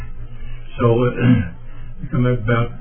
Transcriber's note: clears throat